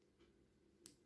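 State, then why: Partly seated. A small plastic miniature toy appliance part is pressed onto its base by hand, and one short, sharp click is heard at 0.9 s over a quiet low background. Only one side clicks into place while the other side does not, leaving the part only half seated.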